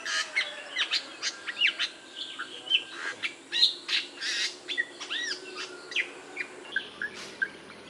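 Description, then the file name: Bali myna calls: a busy run of harsh squawks, sharp chirps and short rising and falling whistles throughout. "jalak bali"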